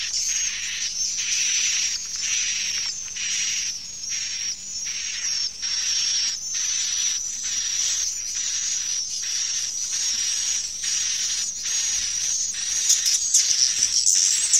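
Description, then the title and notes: Swiftlet chorus of high chirps pulsing in rhythmic bursts, a little more than one per second, over a constant shrill twittering band. Swiftlet calls used in swiftlet bird farming in Asia. "Swiflet Bird Sound. Farming Swiflet Bird asia sound"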